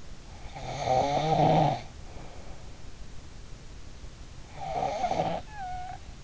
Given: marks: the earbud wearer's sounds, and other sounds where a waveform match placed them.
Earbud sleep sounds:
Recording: sounds in sleep by an in-ear microphone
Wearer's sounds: snoring breath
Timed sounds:
0.41-3.07 s: snoring breath
4.44-6.24 s: snoring breath

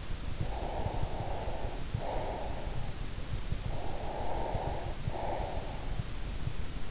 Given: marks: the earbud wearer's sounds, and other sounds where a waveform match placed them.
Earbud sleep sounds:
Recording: sounds in sleep by an in-ear microphone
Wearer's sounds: breath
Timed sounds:
0.43-3.04 s: breath
3.63-5.97 s: breath

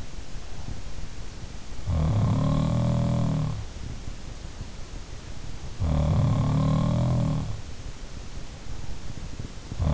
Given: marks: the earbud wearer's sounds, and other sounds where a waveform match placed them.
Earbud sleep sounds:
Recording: sounds in sleep by an in-ear microphone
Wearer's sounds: breath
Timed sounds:
0.00-1.12 s: breath
1.68-3.72 s: sound from someone else or the room
5.62-7.76 s: sound from someone else or the room

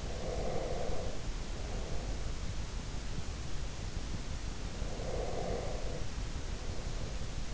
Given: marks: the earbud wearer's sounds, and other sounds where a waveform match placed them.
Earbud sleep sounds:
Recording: sounds in sleep by an in-ear microphone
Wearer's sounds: breath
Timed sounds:
0.01-2.54 s: breath
4.82-7.54 s: breath

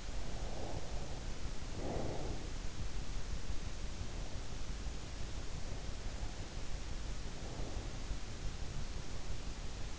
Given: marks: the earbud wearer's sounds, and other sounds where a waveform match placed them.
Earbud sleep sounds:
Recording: sounds in sleep by an in-ear microphone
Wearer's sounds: breath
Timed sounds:
0.00-2.82 s: breath
7.25-8.23 s: breath

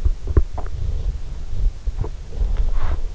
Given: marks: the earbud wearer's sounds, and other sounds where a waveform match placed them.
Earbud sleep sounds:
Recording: sounds in sleep by an in-ear microphone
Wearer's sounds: teeth grinding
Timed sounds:
0.00-3.02 s: teeth grinding

